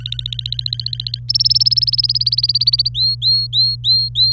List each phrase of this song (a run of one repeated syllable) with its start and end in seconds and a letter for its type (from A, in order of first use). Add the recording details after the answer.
0.00-1.19 A, 1.29-2.88 B, 2.94-4.32 C. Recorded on 26 April 2018 at 10:13. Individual llb3